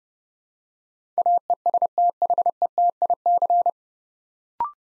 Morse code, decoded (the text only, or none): AESTHETIC